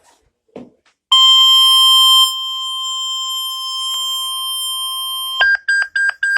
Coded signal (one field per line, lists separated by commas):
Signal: Emergency Alert System (SAME) tones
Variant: 1050 Hz attention tone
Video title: EAS 2 severe thunderstorm warning